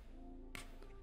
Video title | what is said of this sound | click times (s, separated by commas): Unboxing My New TikTok/Vlogging Camera Rig! (Sony A6600) | you hear that click it just | 0.6 s